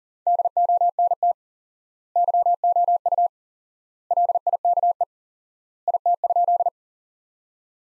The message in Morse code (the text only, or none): DONT YOU LIKE IT?